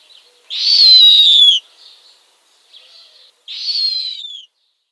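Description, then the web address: Snowy owl young calling with two loud, harsh, high screeches that slide downward, separated by fainter raspy notes. Downy young. "Schulze Peter Snowy Owl downy Young"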